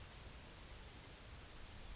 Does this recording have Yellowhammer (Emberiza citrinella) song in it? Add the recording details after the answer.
yes. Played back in grassland. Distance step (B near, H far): D. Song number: 017